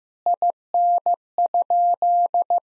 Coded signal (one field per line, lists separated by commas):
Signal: Morse code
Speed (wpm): 15 wpm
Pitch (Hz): 700 Hz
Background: none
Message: IN?